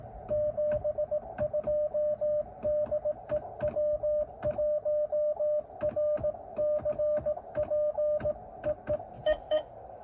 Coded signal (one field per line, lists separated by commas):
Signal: Morse code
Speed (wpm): 18 wpm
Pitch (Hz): 590 Hz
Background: radio noise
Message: 72 DE W1RCP EEEE